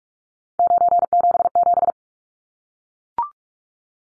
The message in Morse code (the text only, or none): 977